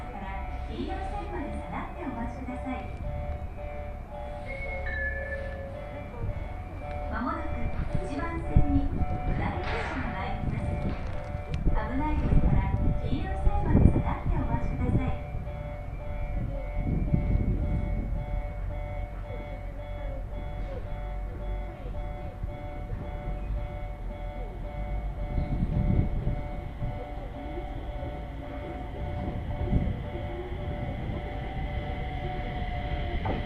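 A train on the Uetsu Main Line between Ugo-Honjo and Akita rolls on with a steady low rumble and a constant humming whine over it. Louder thumps and clatters surge around 9–10, 14, 17 and 26 seconds, with faint voices underneath.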